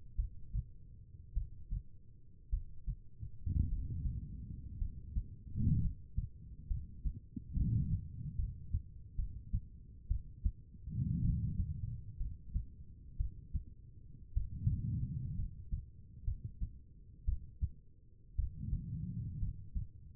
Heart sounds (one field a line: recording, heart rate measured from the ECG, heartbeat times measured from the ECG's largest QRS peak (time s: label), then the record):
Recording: heart sounds by stethoscope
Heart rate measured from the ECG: 59 bpm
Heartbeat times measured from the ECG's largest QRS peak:
0.15 s: heartbeat
1.33 s: heartbeat
2.49 s: heartbeat
3.68 s: heartbeat
4.78 s: heartbeat
5.81 s: heartbeat
6.67 s: heartbeat
7.54 s: heartbeat
8.36 s: heartbeat
9.16 s: heartbeat
10.08 s: heartbeat
11.21 s: heartbeat
12.18 s: heartbeat
13.17 s: heartbeat
14.34 s: heartbeat
15.36 s: heartbeat
16.25 s: heartbeat
17.25 s: heartbeat
18.36 s: heartbeat
19.39 s: heartbeat
From the record:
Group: healthy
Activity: Valsalva maneuver 0-4 s, rest 4-20 s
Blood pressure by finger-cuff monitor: 97/68 mmHg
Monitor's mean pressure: 77 mmHg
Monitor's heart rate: 58 bpm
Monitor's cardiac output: 4.4 L/min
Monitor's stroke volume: 76 mL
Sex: female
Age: 36 years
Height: 163 cm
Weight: 88 kg